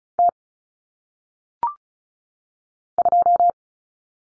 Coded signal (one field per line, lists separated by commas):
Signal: Morse code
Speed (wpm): 36 wpm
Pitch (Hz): 700 Hz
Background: none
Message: T 2